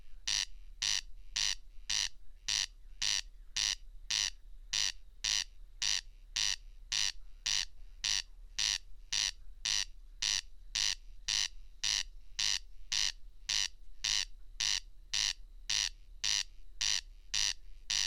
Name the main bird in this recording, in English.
Corn Crake